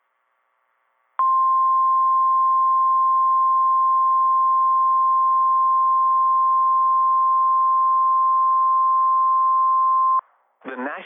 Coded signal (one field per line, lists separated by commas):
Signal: Emergency Alert System (SAME) tones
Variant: 1050 Hz attention tone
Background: speech